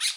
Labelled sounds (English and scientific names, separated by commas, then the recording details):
Brown-throated Parakeet (Eupsittula pertinax) contact call
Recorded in Bonaire
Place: just S of turnoff to Cai, near Lac Bay
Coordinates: 12.126, -68.239